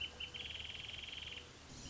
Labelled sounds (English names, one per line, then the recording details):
Wrentit
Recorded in Sonoma County, California